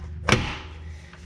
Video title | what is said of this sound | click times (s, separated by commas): Axles Replacement on Cousin Civic | You guys heard that? It click. | 0.3 s